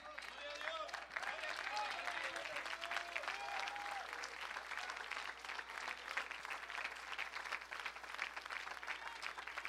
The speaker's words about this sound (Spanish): Ahora ustedes creen que con ese aplausito ya complacieron a Dios.